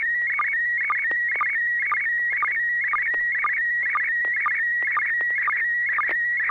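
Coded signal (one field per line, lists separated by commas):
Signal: SSTV (slow-scan television)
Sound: warbling whistle near 1.9 kHz with a regular short low chirp about twice a second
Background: low electrical hum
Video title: N6NA SSTV Net - 02/23/2022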